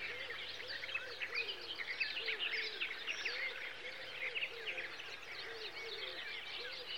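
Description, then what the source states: Birdsong chorus, crowded high chirping and twittering phrases, with a lower rounded note repeating steadily under the busy singing. Summer recording of birds.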